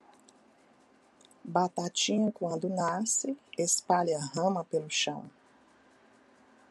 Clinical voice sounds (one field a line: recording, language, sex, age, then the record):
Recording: short text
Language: Brazilian Portuguese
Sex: female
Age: 60 to 69 years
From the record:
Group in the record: control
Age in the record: 61 years